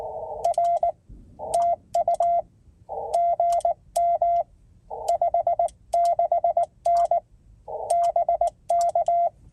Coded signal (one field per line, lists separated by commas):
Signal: Morse code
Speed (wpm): 20 wpm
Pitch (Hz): 680 Hz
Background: radio noise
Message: R TU GM 56N BK